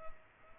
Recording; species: mosquito wingbeat signal from an infrared sensor; Culex pipiens